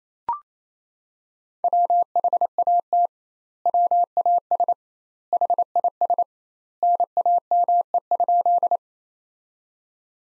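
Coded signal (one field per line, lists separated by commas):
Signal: Morse code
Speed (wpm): 27 wpm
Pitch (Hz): 700 Hz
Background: none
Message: WHAT WAS HIS NAME?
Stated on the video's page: Morse practice sentences from the top 200 words at 28 wpm with double standard word spacing, a Farnsworth-like method applied to words.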